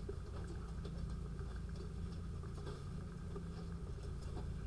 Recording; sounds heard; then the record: poultry house recording; sick chickens (respiratory disease)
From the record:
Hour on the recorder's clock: 3